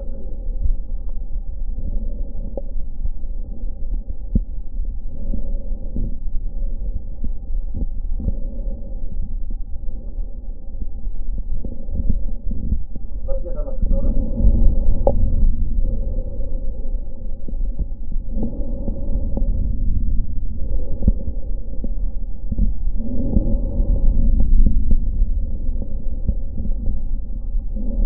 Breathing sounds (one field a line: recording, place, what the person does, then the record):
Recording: lung sounds by stethoscope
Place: left anterior apical chest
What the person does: quiet breathing, then deep breathing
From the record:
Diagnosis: pulmonary infection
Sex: male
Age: 74 years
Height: 171 cm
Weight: 80 kg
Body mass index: 27.4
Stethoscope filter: diaphragm mode